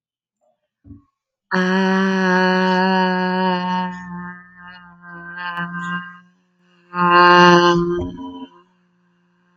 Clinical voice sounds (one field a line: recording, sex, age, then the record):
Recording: vowel held as long as possible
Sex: female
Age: 30 to 39 years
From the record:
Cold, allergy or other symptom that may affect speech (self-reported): no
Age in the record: 32 years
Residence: New York, United States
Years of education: 16